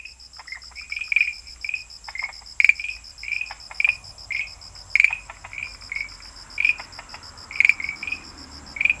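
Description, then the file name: Farmland green tree frog calls: short, clicking chirps repeated irregularly, over a steady high pulsing drone. "Rhacophorus arvalis"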